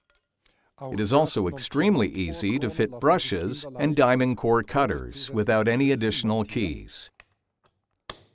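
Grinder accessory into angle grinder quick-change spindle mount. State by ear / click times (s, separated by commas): seated / 8.1 s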